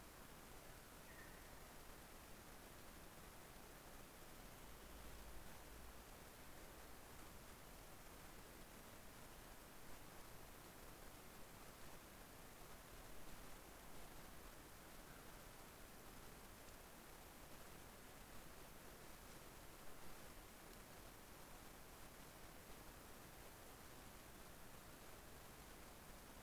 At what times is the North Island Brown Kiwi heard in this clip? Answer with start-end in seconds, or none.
none